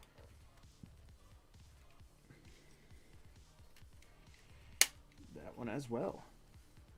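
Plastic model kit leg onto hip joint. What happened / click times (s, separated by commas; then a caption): The plastic leg snapped onto its joint / 4.8 s. Someone presses the second plastic leg of an RG 1/144 MSN-04 Sazabi model kit onto its hip joint. Against a quiet background, one sharp, loud snap rings out at 4.8 s as the leg seats, and afterward someone talks.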